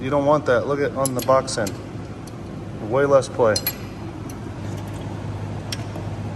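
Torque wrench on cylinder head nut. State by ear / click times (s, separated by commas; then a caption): torque reached / 5.7 s. A click-type torque wrench, used on the box end, tightens a cylinder head nut on a two-stroke Blaster ATV engine while someone talks. The wrench gives a sharp click at 5.7 s as it reaches its set torque, confirming the nut is tightened to setting.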